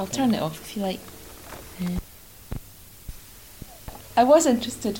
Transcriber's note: recorder switched off